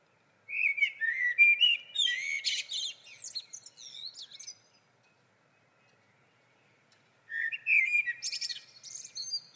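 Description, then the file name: Common blackbird singing two phrases separated by a pause, each mixing low melodious whistles with squeaky high trills. "Turdus merula"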